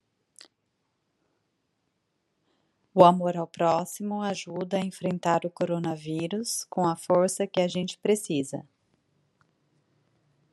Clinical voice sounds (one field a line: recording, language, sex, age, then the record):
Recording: spoken sentence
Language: Brazilian Portuguese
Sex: female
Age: 30 to 39 years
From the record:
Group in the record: control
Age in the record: 39 years